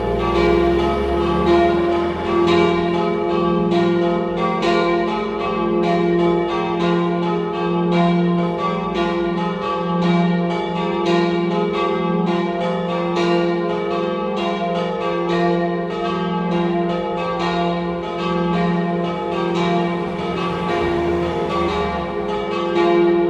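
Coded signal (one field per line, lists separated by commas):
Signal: bell signal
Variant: battiore e dopli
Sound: several church bells ringing rapidly and continuously in a rhythmic, overlapping peal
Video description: Battiore e dopli (dura 2 minuti e mezzo) delle 17:30 per la Messa prefestiva delle 18:00 nella vigilia della Solennità di Tutti i Santi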